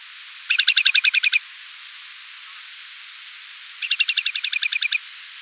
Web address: whimbrel calls